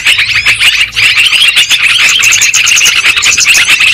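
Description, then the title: Lovebird calls in a constant high-pitched twittering mass, sharp squeaks tumbling over one another without pause. Lure recording (pikat) played to attract and trap lovebirds. "PIKAT BURUNG LOVEBIRD"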